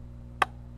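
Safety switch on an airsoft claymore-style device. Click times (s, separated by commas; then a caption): 0.4 s. Someone pushes the safety switch on a homemade airsoft claymore-style device, giving one sharp click at 0.4 s against a low, steady hum. The safety clicks into the armed position, meaning the device is armed and ready.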